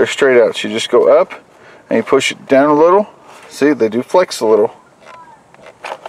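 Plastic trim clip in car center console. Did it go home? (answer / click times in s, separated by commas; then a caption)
released / 6.1 s. Someone talks while pressing down slightly on a flexible plastic center console trim piece in a car, which flexes a little under the push. At 6.1 s a short, sharp pop is heard as its plastic trim clip comes free and the piece is released.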